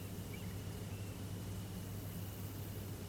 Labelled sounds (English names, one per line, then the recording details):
none
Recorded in France